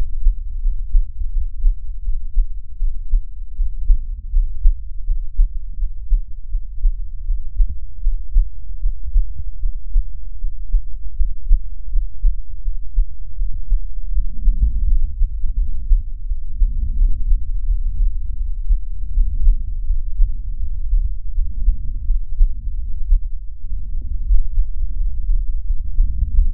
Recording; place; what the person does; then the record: lung sounds by stethoscope; right anterior apical chest; quiet breathing, then deep breathing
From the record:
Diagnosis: none (healthy); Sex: male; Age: 29 years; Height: 180 cm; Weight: 100 kg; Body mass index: 30.9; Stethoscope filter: bell mode